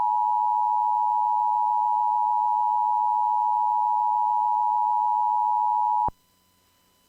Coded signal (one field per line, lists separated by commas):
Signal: Emergency Alert System (SAME) tones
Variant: 853 and 960 Hz attention tone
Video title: EAS West Virginia Statewide Required Monthly Test - November 7th, 2025 - WAHC TV